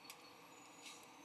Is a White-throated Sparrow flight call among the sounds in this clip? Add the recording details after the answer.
no. No flight call is heard. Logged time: 07:23 on 19 November 2014